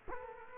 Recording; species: mosquito wingbeat signal from an infrared sensor; Culex quinquefasciatus